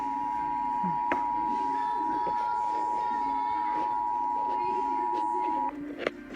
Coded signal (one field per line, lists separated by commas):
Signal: Emergency Alert System (SAME) tones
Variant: 853 and 960 Hz attention tone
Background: speech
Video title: Required Monthly Test EAS #7